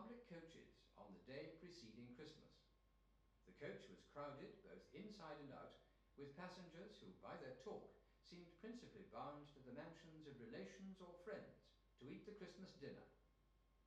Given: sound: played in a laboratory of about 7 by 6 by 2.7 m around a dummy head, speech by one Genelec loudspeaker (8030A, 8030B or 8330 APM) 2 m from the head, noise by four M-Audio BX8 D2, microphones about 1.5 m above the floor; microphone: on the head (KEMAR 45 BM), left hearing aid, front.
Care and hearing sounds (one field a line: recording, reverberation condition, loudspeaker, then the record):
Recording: male speech in English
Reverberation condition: medium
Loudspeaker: 90 degrees to the right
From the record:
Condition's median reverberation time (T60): about 510 ms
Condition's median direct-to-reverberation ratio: about -0.5 dB